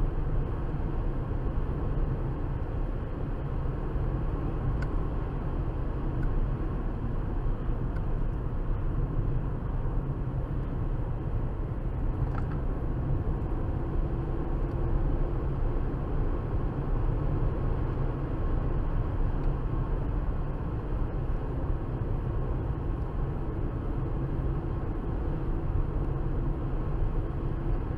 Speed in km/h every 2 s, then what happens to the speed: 84, 85, 87, 81, 76, 76, 81, 85, 90, 90, 85, 82, 82, 82.
4-7 brakes to 76. 10-18 speeds up to 90. 18-22 slows to 82. 22-28 steady at about 82.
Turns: none.